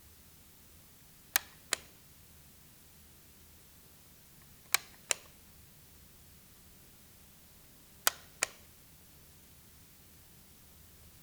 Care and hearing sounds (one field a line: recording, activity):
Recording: daily activity, guitar pickup as the sensor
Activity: operate light